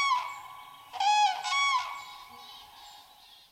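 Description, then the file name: Common crane giving two or three short, rolling trumpet notes around the one-second mark, followed by faint background sound. "zuraw"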